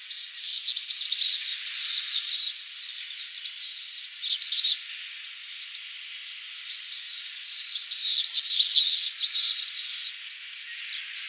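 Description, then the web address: Pallid swift chorus of high, rasping screams, dense overlapping arched notes rising and falling in intensity, several birds calling together throughout. "Schulze Peter Pallid Swift"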